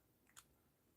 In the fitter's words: you got to hear that click